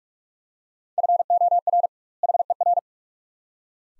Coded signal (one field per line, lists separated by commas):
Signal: Morse code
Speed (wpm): 42 wpm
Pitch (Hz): 700 Hz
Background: none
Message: FOR HER